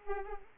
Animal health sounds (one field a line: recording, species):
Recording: mosquito wingbeat signal from an infrared sensor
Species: Anopheles arabiensis